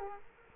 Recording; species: mosquito wingbeat signal from an infrared sensor; Culex quinquefasciatus